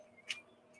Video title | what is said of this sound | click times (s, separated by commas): Friday Morning Live Stream | and you go click in place | 0.3 s